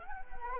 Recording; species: mosquito wingbeat signal from an infrared sensor; Anopheles arabiensis